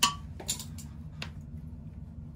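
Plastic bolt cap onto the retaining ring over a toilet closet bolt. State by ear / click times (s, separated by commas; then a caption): seated / 0.0 s. A plastic decorative bolt cap is pressed over a toilet closet bolt and washer onto the white lower retaining ring at the toilet base, snapping into place with a sharp click at 0.0 s. Fainter clinks follow at about 0.4, 0.5, 0.8 and 1.2 s over a steady low hum. The cap is seated on the ring, which was not offset enough to stop it snapping on.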